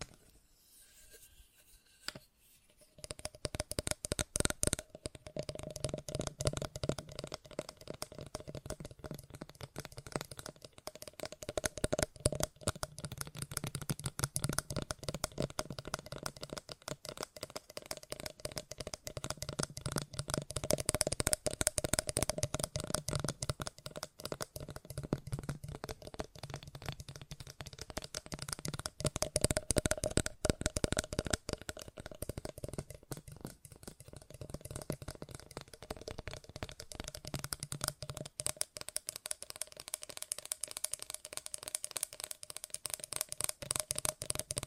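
Fast tapping starts after a quiet couple of seconds and then runs nonstop, a dense, rapid stream of sharp clicks with a faint steady ringing tone underneath. The tapping swells louder around the middle and eases somewhat near the end.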